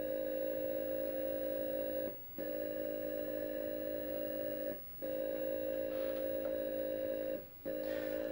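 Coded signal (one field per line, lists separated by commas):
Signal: computer data on cassette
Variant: Atari 8-bit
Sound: steady buzzing data tone in long blocks, broken by three short silent gaps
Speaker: how long it takes to load software off cassette and keep in mind this this program is about 16 kilobytes now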